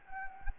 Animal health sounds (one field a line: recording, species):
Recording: mosquito wingbeat signal from an infrared sensor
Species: Anopheles gambiae